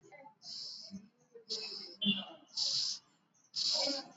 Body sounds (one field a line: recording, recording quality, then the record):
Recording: shallow breathing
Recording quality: excellent, no background noise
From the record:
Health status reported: exposed to COVID-19, no respiratory illness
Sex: female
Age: 54 years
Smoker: no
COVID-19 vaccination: both doses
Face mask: not worn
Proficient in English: yes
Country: India